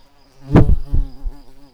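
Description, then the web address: Garden bumblebee buzzing, a low droning hum that wavers slightly in pitch throughout, broken by a few short dull knocks or bumps near the middle. Queens of this bumblebee species. "bumblebees Hortorum-queens"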